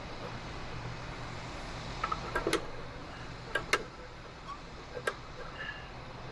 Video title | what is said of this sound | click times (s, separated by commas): RV Repairs - Rear View Mirror Replacement. Lost mirrors in a construction zone fiasco! | Until you hear multiple clicks. | 2.0 s, 2.1 s, 2.5 s, 3.6 s, 3.7 s, 5.1 s